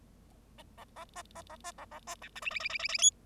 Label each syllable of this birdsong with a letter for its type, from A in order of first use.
A A B B A B A A B C D E E E E E E F